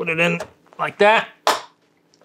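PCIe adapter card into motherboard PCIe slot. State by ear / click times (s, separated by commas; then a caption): seated / 1.5 s. Someone talks while an M.2-to-PCIe adapter card is pushed down into the motherboard's PCIe slot. At 1.5 s a single sharp, loud click sounds as the slot latch catches and the card seats, followed by a few faint ticks.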